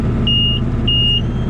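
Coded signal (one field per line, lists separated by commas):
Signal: beep code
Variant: Gehl round baler monitor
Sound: two short high steady beeps over a running tractor engine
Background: tractor engine rumble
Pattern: 2 short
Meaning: The bale is done and wrapped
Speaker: And 2 beeps means it's done.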